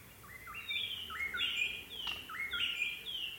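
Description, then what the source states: White-browed robin-chat song: repeated whistled phrases stepping upward, fairly even in rhythm, set against constant background noise and one brief crackle. Okavango Panhandle, 14 August 2015, 6:36 AM; ever-changing song seeming to come from everywhere at once; recorded from a tent with mic outside, Sound Devices 702 recorder, Sennheiser 418 stereo shotgun microphone.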